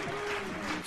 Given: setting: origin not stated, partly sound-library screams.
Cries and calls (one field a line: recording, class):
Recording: one-second piece from a danger detection set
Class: normal situation